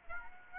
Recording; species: mosquito wingbeat signal from an infrared sensor; Aedes albopictus